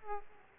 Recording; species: mosquito wingbeat signal from an infrared sensor; Aedes aegypti